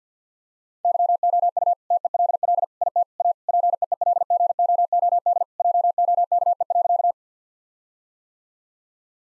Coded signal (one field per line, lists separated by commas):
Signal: Morse code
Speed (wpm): 50 wpm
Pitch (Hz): 700 Hz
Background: none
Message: YOU TELL IT A PEEL GOOD JOKE.